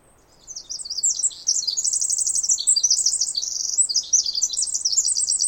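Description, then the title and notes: Pacific wren delivering a bright, rapid stream of high, bubbling trills and chattering notes lasting about five seconds. Wild bird singing in the morning after a dawn chorus, recorded unattended while camping; Snider Jackson/Rugged Ridge trail, May 11-13 2018; very loud, peaking just under 0 dB. "The very loud Pacific Wren. Snider Jackson/ Rugged Ridge trail. 2018 May 11-13"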